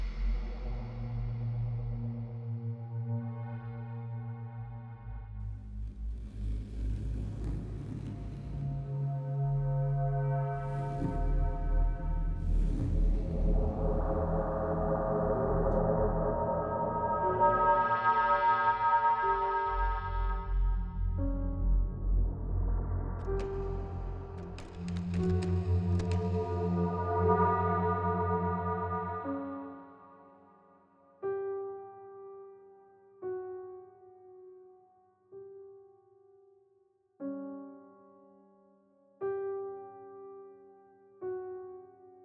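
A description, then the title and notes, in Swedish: An eerie ghostly sound effect: layered, wavering metallic tones swell over a deep drone, growing brighter and busier around the middle. After about thirty seconds the wash drops away into single gong-like strikes that ring and fade, repeating every couple of seconds. Lite creapy spökljud från oss.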